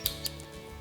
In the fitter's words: there is a button that will engage and you will hear that click when this is fully engaged